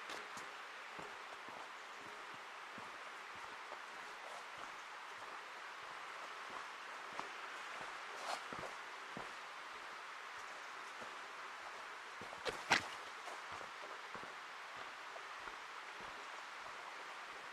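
A steady forest ambience at the Ancient Forest Preserve, a soft even hiss of rain or dripping across the whole clip. Scattered sharp drip-like ticks land irregularly, with a few louder hits around 8 seconds and a brief cluster near 12–13 seconds.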